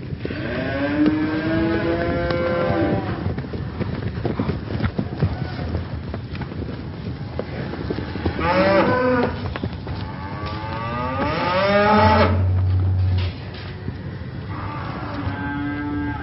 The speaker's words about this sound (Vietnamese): Bên ngoài trời đã sáng bảnh, chỉ thấy phía đông bụi bay mù trời, tiếng vó nệm xuống đất và tiếng kêu bi thảm của lũ bò hòa trộn làm một. Váng trời dậy đất đổ dồn về phía chúng tôi.